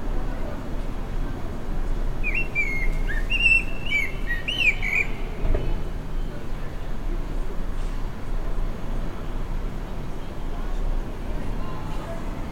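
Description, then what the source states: Blackbird song: a burst of melodious whistles and high twittering between about two and five seconds, then steady low background noise for the rest. Recorded 29 May 2020.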